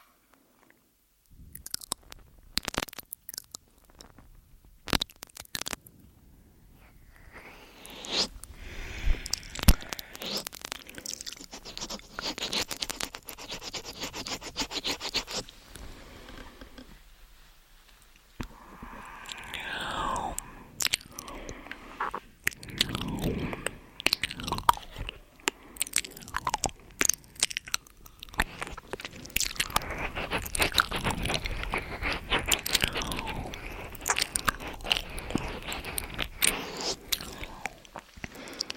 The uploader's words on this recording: MOUTH SOUNDS & EAR EATING Tascam & Dummyhead.